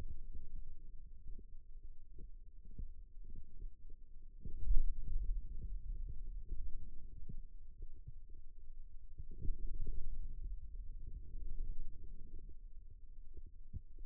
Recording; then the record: forearm muscle sounds (acoustic myography)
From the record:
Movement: radial deviation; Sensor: system 2, bracelet of six BSWA MPA416 microphones around the upper forearm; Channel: 2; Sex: male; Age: 22 years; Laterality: right